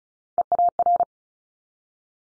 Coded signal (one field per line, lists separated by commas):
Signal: Morse code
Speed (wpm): 36 wpm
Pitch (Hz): 700 Hz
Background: none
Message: EAR